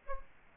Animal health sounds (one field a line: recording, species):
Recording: mosquito wingbeat signal from an infrared sensor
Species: Aedes aegypti